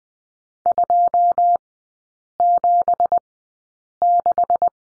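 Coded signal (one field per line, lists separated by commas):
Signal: Morse code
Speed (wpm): 20 wpm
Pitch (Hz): 700 Hz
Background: none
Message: 276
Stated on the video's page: Morse course lesson on the number 7, three characters, Farnsworth speed 20/10 wpm.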